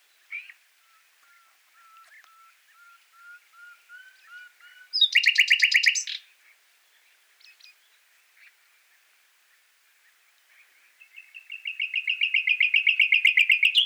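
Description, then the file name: Common nightingale song: soft piping notes, a loud fast rattling trill, then a long series of repeated notes swelling steadily in volume. "Luscinia megarhynchos"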